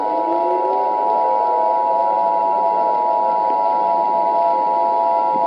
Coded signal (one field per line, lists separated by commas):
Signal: Emergency Alert System (SAME) tones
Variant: 853 and 960 Hz attention tone